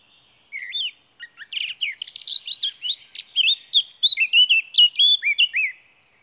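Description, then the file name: Eurasian blackcap song: a quick, scratchy, twittering warble that builds into louder, clear fluted whistles, rising and falling, running about five seconds. "Sylvia atricapilla"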